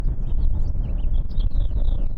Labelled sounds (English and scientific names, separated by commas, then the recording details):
House Finch (Haemorhous mexicanus) song
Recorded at Neponsit on Long Island, New York, on 4 June 1975
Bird C